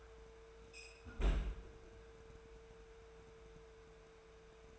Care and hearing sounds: daily activity, microphone in the room; close fridge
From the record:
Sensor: 2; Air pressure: 1014.8 hPa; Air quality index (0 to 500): 195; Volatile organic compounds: 17 ppm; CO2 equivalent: 2584 ppm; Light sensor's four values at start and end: 17/43/18/20 and 16/39/16/18

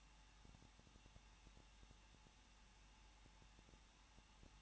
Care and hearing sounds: daily activity, microphone in the room; no activity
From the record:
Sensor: 1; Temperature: 20.1 degrees Celsius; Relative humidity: 39.1%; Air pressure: 1006.5 hPa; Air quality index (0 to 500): 216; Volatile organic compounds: 73 ppm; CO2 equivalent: 3542 ppm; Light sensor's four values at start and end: 1/2/1/1 and 1/2/1/1

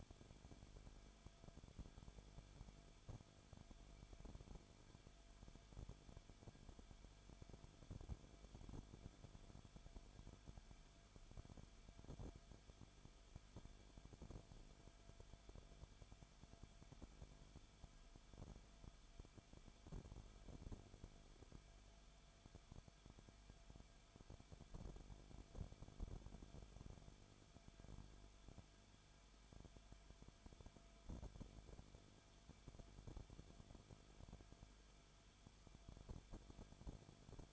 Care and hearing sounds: daily activity, microphone in the room; no activity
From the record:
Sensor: 5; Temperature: 20.4 degrees Celsius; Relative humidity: 39.8%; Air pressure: 1010.8 hPa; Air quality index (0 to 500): 166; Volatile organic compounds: 15 ppm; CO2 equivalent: 2503 ppm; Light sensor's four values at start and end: 2/3/1/1 and 2/3/1/1

